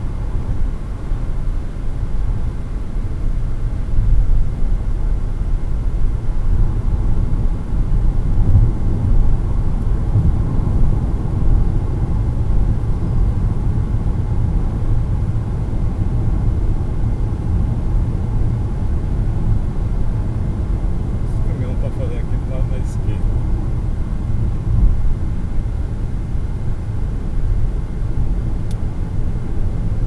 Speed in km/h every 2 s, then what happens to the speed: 123, 122, 121, 122, 122, 122, 119, 118, 114, 112, 109, 107, 106, 108, 111.
0-10 steady at about 122. 10-23 slows to 106.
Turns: none.